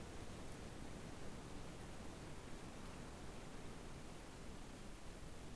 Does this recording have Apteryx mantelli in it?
no